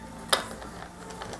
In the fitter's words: this side clicked immediately so it tells me out of it about thirteen that is on nice and tight